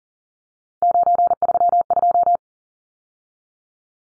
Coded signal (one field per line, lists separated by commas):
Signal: Morse code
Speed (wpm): 38 wpm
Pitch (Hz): 700 Hz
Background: none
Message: 932